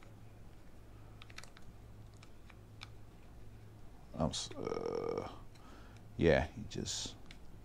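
An extended 20-round magazine for a Springfield Armory Echelon pistol is handled and slid up the grooves toward the pistol grip magazine well while someone talks, with small clicks and handling noises throughout. Nothing has seated or clicked home yet.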